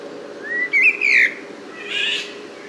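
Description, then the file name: Eurasian golden oriole whistling a smooth rising phrase that breaks into a louder warbled note, followed by a softer, hoarse sound. "loriot"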